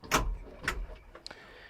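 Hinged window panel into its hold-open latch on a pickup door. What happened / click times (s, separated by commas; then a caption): The hinged panel fails to catch in its latch / none. Someone slams the hinged rear door window panel of a 2024 Duramax pickup upward into its hold-open latch, trying to lock it open. A loud thump is followed by a second hard bang at 0.7 s and a few faint light ticks around 1.2–1.3 s. The latch does not catch and nothing has clicked into place, a fault with the panel that is disliked.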